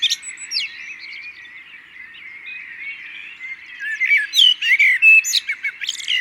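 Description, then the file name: Common blackbird song, quiet rambling warbles at first, then from about four seconds louder fluty phrases broken by high twittering notes. "Turdus merula"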